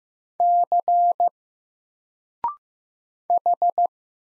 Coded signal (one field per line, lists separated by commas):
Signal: Morse code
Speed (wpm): 15 wpm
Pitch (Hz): 700 Hz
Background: none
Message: C H